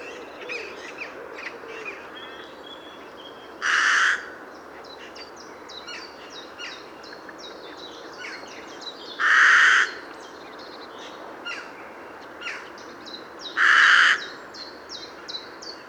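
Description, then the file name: Carrion crow uttering single hoarse caws spaced roughly five seconds apart, three in all, over a steady background of faint, repeated small-bird chirps. "Corvus corone"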